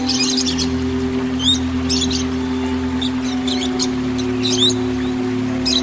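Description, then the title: Oriental magpie-robin song with scattered high, twisting squeaky notes and short chirp bursts separated by brief pauses, over a persistent low hum. "Kicau Kacer"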